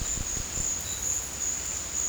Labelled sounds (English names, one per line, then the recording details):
none
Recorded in dense forest near Puerto Asís, Putumayo, Colombia, on 21 December 2024 at 15:00
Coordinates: 0.466, -76.327
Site G075